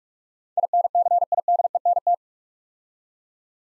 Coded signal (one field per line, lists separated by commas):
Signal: Morse code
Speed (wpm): 46 wpm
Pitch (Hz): 700 Hz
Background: none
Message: INCIDENT